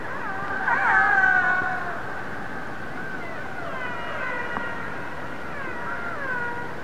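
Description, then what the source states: Orca calls: several harmonic calls, the first steady, the later ones sliding downward in pitch, overlapping against a hissing underwater background. Transient orca.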